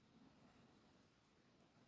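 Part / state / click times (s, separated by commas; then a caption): metal clasp closing on a beaded bracelet / not seated / none. A metal clasp on a beaded bracelet is handled as it is being closed up, with only a faint, steady low hiss audible. Nothing has clicked or seated yet.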